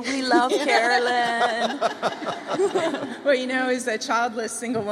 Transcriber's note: laughter